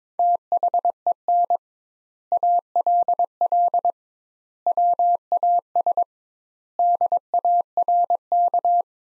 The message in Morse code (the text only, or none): THEN ALL WAS DARK